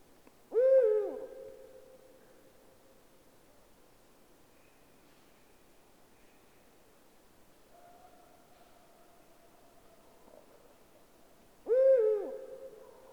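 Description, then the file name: Eurasian eagle-owl hoots: two deep, short notes roughly eleven seconds apart, with faint quiet tones between them in a still background. "puchacz zwyczajny Bubo bubo"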